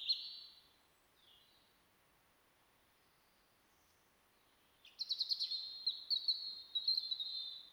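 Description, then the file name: European robin singing a short high note, a long quiet gap, then a bright rippling phrase of quick thin notes and trills lasting about three seconds. "Erithacus rubecula"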